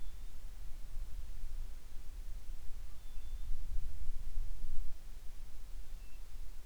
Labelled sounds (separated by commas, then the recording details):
bird
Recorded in the Prudhoe Bay oil fields, Alaska, on 25 July 2019 at 02:34
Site 11